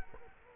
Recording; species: mosquito wingbeat signal from an infrared sensor; Culex quinquefasciatus